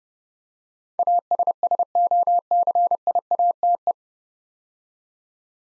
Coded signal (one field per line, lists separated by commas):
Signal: Morse code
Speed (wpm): 30 wpm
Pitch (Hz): 700 Hz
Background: none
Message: ASSOCIATE